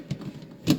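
A removable plastic part is pressed onto a Hodekt mini washing machine, where it is meant to click and lock when attached. A softer tap sounds at 0.1 s, then a sharp click at 0.7 s as the part seats into place.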